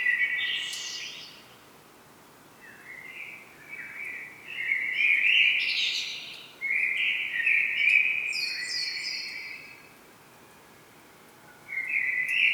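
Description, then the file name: Common blackbird delivering several fluty, warbled phrases in a row, each ending in higher twittering notes, with short gaps between them. "Turdus merula"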